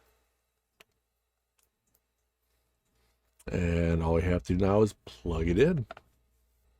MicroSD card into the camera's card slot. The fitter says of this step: I'm going to push it until it clicks.